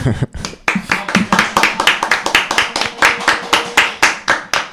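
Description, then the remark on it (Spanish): Loud, steady clapping in a quick even rhythm, about twenty sharp claps over several seconds, with a brief voice mixed in at the start. “Andan pidiendo un aplauso por ahí, tío.”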